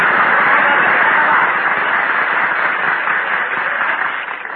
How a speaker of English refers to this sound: I want to hear some kind of noise. Applaud me, folks.